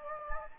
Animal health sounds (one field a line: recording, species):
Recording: mosquito wingbeat signal from an infrared sensor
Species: Anopheles gambiae